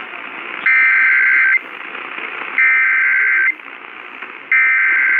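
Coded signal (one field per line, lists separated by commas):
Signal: Emergency Alert System (SAME) tones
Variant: header bursts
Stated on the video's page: Compilation of real EAS alerts, mostly tornado warnings.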